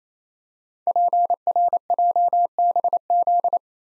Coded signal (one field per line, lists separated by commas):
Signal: Morse code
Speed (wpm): 29 wpm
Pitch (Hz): 700 Hz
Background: none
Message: PRJBZ